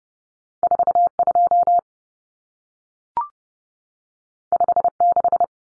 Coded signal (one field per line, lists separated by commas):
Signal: Morse code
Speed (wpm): 30 wpm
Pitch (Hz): 700 Hz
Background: none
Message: 42 56